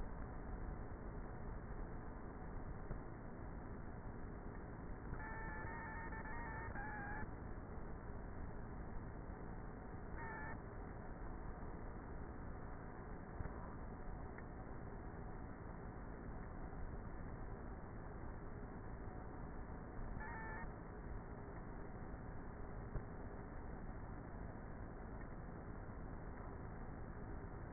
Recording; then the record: honeybee colony, microphone inside the hive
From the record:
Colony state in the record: queenless with a low population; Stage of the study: before two queens were removed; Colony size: about 30,000 bees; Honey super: no